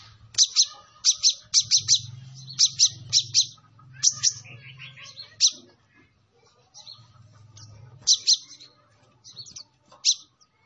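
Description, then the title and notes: Sunbird calls: sharp high chips repeated in pairs and small groups. Indonesian 'kolibri ninja' master recording with full 'isian' and 'tembakan' song, described as 'gacor' (singing vigorously), intended as a lure for training other birds. "MASTERAN KOLIBRI NINJA TERBAIK FULL ISIAN DAN TEMBAKAN MEWAH COCOK BUAT PANCINGAN. Suara Burung Kolibri Ninja Gacor"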